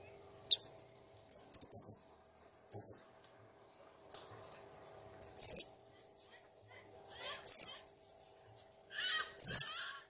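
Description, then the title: Blue-crowned hanging parrot calls: quick run of high thin chirps, then single shrill notes at intervals, with faint scratchy rustling in places. Master recording of a clear, actively calling bird, made for training cage birds. "Masteran Burung Serindit Ll Masteran Serindit Gacor Jernih"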